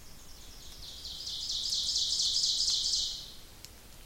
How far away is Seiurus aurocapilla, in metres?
about 40 m